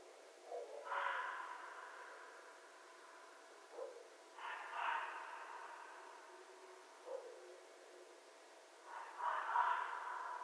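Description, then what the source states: Red fox harsh calls: three hoarse, raspy bursts several seconds apart, with brief lower notes in between, over a quiet hiss. Recorded 11 January 2012.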